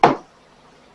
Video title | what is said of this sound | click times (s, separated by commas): Halloween Decor "That Sells" | make sure it clicks good | 0.0 s